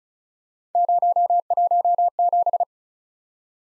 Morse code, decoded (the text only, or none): 017